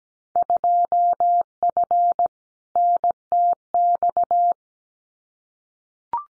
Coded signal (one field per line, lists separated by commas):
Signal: Morse code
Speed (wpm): 17 wpm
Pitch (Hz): 700 Hz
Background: none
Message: 2F NTX